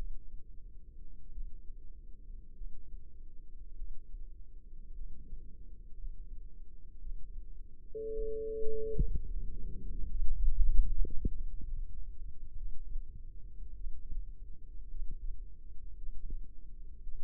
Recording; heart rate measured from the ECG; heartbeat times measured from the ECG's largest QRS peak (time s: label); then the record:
heart sounds by microphone in the left ear; 54 bpm
1.32 s: heartbeat
2.55 s: heartbeat
3.75 s: heartbeat
4.95 s: heartbeat
5.96 s: heartbeat
7.01 s: heartbeat
8.13 s: heartbeat
9.25 s: heartbeat
10.10 s: heartbeat
11.35 s: heartbeat
12.56 s: heartbeat
13.75 s: heartbeat
14.89 s: heartbeat
15.96 s: heartbeat
17.02 s: heartbeat
From the record:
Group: healthy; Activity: rest 0-8 s, breath hold 8-17 s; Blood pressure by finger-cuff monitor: 102/60 mmHg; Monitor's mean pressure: 71 mmHg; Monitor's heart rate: 50 bpm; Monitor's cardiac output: 4.9 L/min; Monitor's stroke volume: 96 mL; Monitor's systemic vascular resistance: 1040 dyn s/cm5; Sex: female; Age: 28 years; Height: 170 cm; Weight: 77 kg